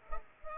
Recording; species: mosquito wingbeat signal from an infrared sensor; Culex pipiens